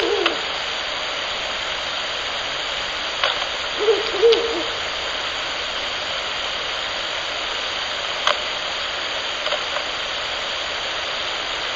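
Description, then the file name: Ural owl hooting: a few short, low hoots around the middle, set against a constant electrical hiss and whine, with brief clicks. Male. "フクロウ♂ 遠藤"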